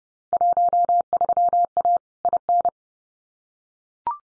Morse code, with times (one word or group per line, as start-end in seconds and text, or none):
0.3-2.0 13A
2.2-2.7 IN